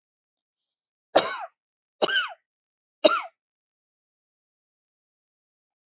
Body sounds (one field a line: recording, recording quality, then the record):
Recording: heavy voluntary cough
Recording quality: excellent, no background noise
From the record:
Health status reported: healthy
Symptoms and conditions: hypertension, diabetes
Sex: female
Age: 62 years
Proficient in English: yes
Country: India